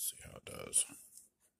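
Someone talks while handling a PLA 3D-printed double-hook trash bag clip that is about to be pushed onto the support under a glass-top desk. Nothing has seated or clicked yet; the clip is handled but not yet home.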